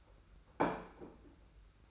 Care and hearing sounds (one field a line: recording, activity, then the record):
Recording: daily activity, microphone in the room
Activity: place plate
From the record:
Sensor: 2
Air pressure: 991.6 hPa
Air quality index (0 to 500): 185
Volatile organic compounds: 1000 ppm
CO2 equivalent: 6061 ppm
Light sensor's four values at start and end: 27/85/33/31 and 27/85/33/31